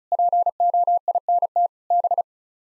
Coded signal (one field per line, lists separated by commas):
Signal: Morse code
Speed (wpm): 34 wpm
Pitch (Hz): 700 Hz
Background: none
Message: POINT B